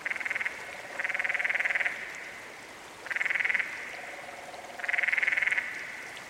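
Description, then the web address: Canyon frog trills, four rapid pulsed bursts of varying length, with a softer, deeper pulsed trill running beneath some of them. "Dan Gibson's Solitudes Frog Song. Canyon Frog"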